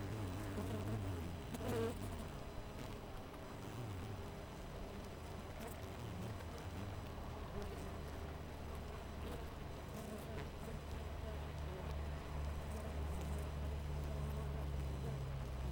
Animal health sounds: honeybee colony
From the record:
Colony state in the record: missing queen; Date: 14 July 2017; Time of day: 4:53

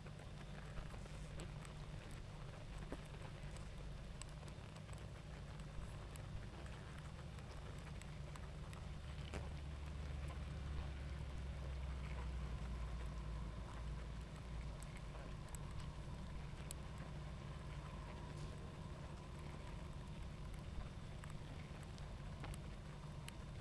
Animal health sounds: honeybee colony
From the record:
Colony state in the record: active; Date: 28 July 2017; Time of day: 20:57

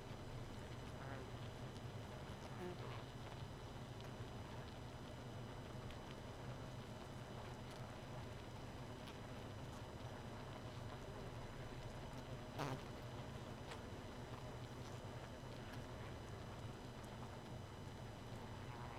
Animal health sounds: honeybee colony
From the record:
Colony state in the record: missing queen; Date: 31 May 2018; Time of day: 2:15

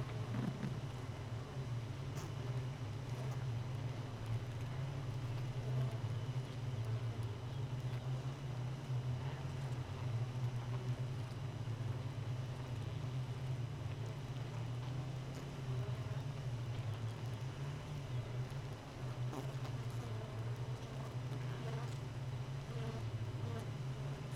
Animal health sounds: honeybee colony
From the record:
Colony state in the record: missing queen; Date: 31 May 2018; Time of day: 4:33

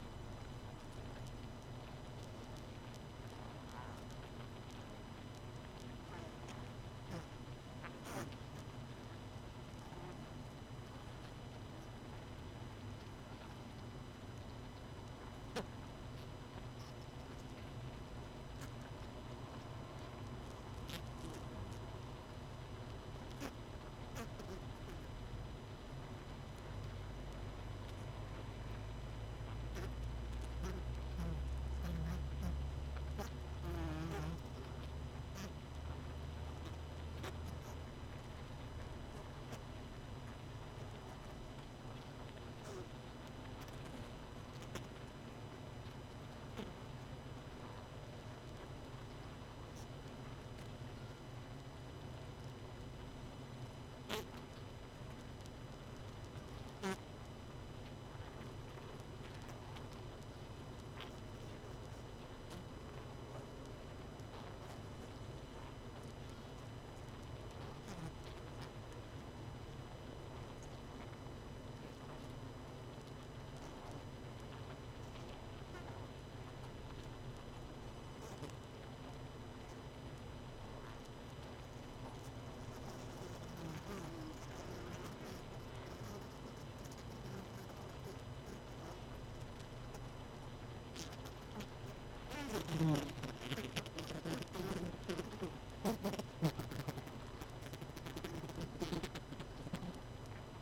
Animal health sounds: honeybee colony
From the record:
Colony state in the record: missing queen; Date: 31 May 2018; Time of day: 21:32

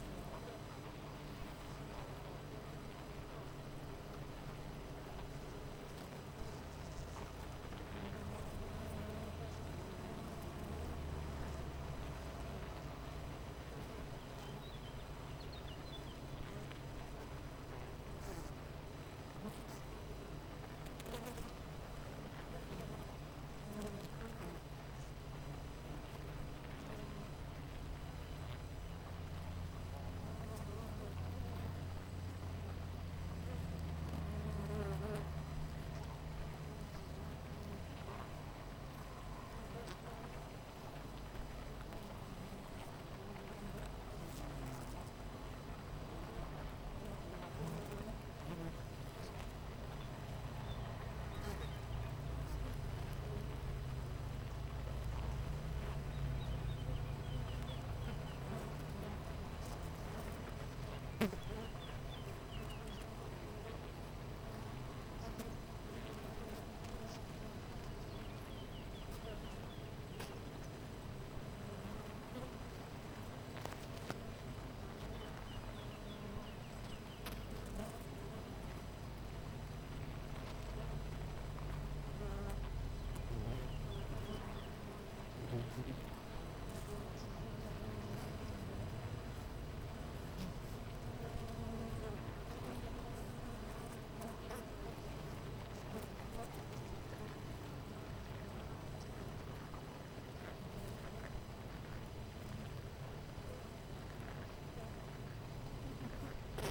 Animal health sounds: honeybee colony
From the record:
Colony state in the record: missing queen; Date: 14 July 2017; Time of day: 8:25

